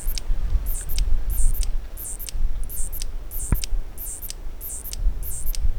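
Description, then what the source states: Oncotympana pallidiventris calling in short, high buzzy pulses, each doubled and repeated roughly every half second, with sharp clicks between them over a steady low rumble. Recorded in the Philippines.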